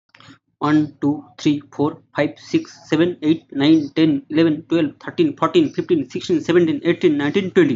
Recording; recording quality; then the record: counting at a fast pace; excellent, no background noise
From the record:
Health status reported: healthy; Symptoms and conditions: none ticked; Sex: male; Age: 28 years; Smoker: not ticked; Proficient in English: yes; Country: India